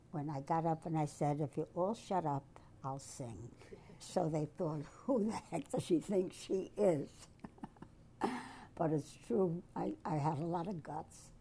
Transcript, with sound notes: When I got up and I said, "If you all shut up, I'll sing." So they thought, 'Who the heck does she think she is?' [chuckles] But it's true. I — I had a lot of guts.